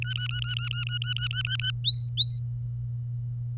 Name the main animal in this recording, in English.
Domestic Canary